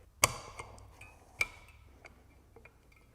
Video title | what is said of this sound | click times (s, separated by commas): Mountson MS11PA How to install the Mountson Premium Wall Mount for Sonos One One SL and Play1 | it's important you hear a click | 0.2 s